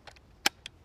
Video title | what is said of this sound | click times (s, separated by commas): CZ Bren 2 in 5.56 and 7.62x39 | now it's locked into place and there's your bayonet for the 805 | 0.5 s